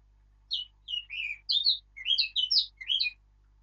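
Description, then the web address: Eurasian blackcap warbling a lively sequence of clear, mellow whistles and slurred notes, rising and dipping in pitch for nearly three seconds. "birdsong Sylvia atricapilla"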